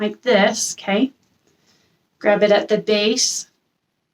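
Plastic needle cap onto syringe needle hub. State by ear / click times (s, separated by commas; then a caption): not seated / none. A plastic needle cap has been scooped onto a used IM injection needle and is being gripped at the base, ready to be pushed onto the syringe needle hub. Someone talks throughout with a short pause, and nothing has seated or clicked yet.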